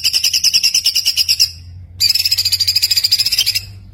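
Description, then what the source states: White-eye song: two dense runs of quick high notes, each about one and a half seconds long, separated by a short pause. Continuously singing (gacor) white-eye, in a masteran recording with full tembakan bursts.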